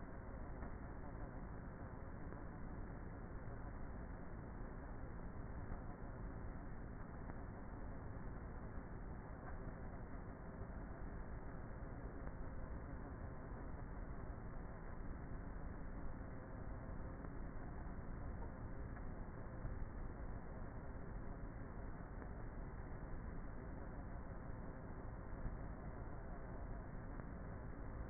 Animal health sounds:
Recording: honeybee colony, microphone inside the hive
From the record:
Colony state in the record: queenless with a low population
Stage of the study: before two queens were removed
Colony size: about 30,000 bees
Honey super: no

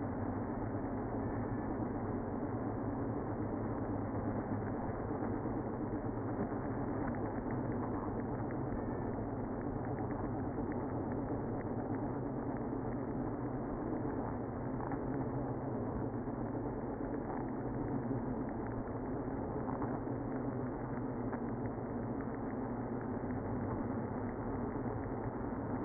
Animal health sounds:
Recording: honeybee colony, microphone inside the hive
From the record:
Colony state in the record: queenless (queen removed)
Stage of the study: after two queens were removed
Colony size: about 60,000 bees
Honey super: yes

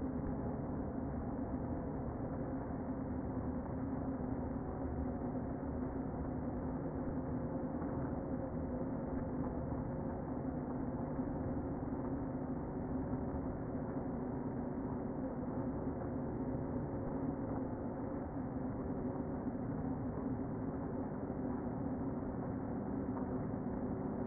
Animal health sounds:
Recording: honeybee colony, microphone inside the hive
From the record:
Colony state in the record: queen present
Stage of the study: before two queens were removed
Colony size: about 60,000 bees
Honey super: yes

